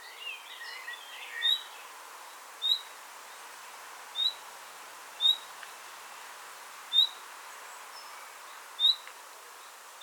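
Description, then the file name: Common nightingale calling with several spaced, rising whistles after a brief patch of soft chattering notes at the start. "Luscinia megarhynchos"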